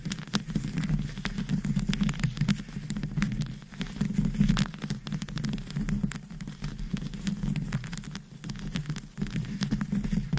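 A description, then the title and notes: Long nails scratch and tap against a microphone with rhinestones, making a dense, steady rustling that runs the whole ten seconds. A low rumbling scrape sits underneath, while sharp crisp taps and clicks pop through frequently and irregularly, with a brief lull just after nine seconds. ASMR Mic Scratching - Brain Scratching & Tapping with Rhinestones & Long Nails -No Talking.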